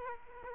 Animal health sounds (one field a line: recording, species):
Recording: mosquito wingbeat signal from an infrared sensor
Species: Aedes aegypti